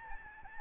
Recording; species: mosquito wingbeat signal from an infrared sensor; Aedes albopictus